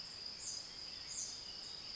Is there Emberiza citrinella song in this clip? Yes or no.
no